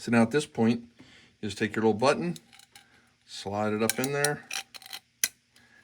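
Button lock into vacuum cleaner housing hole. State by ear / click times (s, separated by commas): seated / 5.2 s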